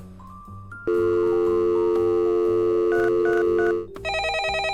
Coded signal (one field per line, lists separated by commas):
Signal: telephone call progress tone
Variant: North America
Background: music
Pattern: dial tone